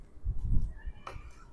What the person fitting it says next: Okey macam ni dia lock kan.